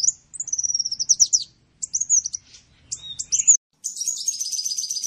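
Bird song, a string of high whistled and trilled phrases broken by short pauses, ending in a buzzy chattering run.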